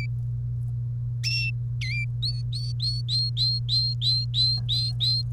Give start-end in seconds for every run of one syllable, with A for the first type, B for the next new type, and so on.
1.81-2.04 A, 2.22-5.22 B